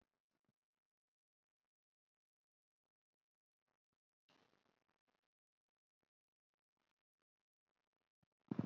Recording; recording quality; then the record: shallow breathing; poor, much background noise or distortion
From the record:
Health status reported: COVID-19 positive, mild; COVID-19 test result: positive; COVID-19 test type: RT-PCR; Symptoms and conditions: sore throat, another condition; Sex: female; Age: 66 years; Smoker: no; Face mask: not worn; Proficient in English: no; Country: India